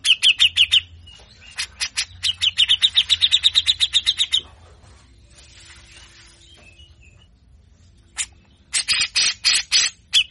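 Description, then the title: Grey-cheeked bulbul song of rapid rattling, scratchy pulses in long runs, a quiet stretch of faint chatter, then a burst of loud harsh notes. Master recording for training cage birds; harsh, coarse 'besetan' song style, long duration, bird in full singing form. "MASTERAN CUCAK JENGGOT GACOR FULL BESETAN KASAR DURASI PANJANG"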